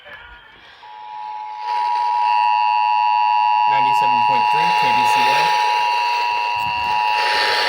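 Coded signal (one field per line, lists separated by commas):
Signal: Emergency Alert System (SAME) tones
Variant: 853 and 960 Hz attention tone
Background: speech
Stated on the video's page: Colorado Required Monthly Test SAME tones received on NOAA Weather Radio and various radio stations.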